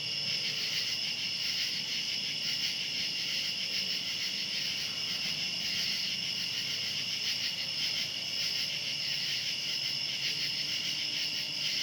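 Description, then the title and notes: Dense cicada chorus, a shrill continuous buzz holding steady at high pitch, lightly pulsing, over a quiet low background. Outdoors at night. "Ext. Cicadas, Night by Bandeto"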